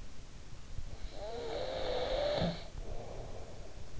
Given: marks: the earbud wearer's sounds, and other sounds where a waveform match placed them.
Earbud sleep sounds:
sounds in sleep by an in-ear microphone; snoring breath
0.62-3.94 s: snoring breath

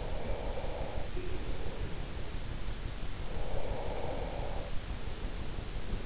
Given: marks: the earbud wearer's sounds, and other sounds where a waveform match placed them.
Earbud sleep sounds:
sounds in sleep by an in-ear microphone; breath
0.12-2.19 s: breath
3.09-5.81 s: breath

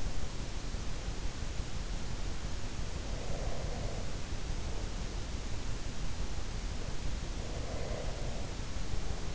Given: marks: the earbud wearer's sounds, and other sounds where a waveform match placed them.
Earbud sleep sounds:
sounds in sleep by an in-ear microphone; breath
2.94-5.09 s: breath
7.40-9.35 s: breath

